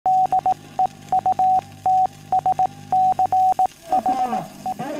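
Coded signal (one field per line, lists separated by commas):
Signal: Morse code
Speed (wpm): 18 wpm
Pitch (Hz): 750 Hz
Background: radio noise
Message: DEUTSCHE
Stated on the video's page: Wireless telegraphy from the 1933 Telefunken FuG III Luftwaffe aircraft radio, a transmitter and receiver operating in the 1250 to 1400 kHz range.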